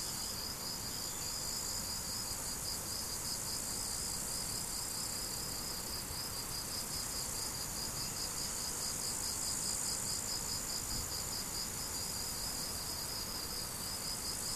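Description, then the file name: Crickets give a long run of regular high chirps, about two and a half per second, above a constant shrill insect buzz. Crickets, recorded 17 July 2012 with an MZ-N710 recorder. "mz-n 710 grillons 17 07 2012"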